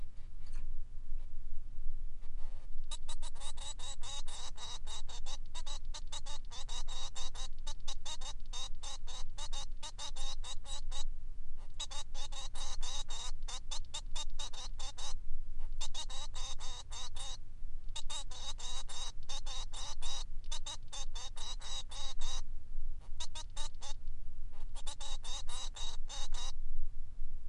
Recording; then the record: song of a male Bengalese finch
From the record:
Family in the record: son of father 3